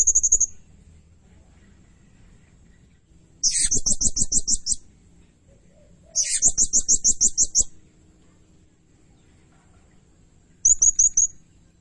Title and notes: Burung Serindit Nembak Gacor. Suara Nasteran Dan Pemikat Burung Serinditan Gacor